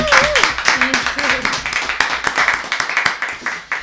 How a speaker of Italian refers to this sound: Io farei un applauso.